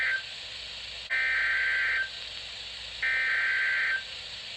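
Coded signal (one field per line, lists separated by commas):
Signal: Emergency Alert System (SAME) tones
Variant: header bursts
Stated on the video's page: Series of Severe Thunderstorm Warning SAME alerts.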